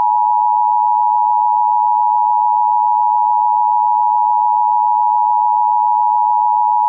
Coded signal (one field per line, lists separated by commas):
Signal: Emergency Alert System (SAME) tones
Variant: 853 and 960 Hz attention tone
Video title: EAS Alerts 6195-6199 From 09/06/24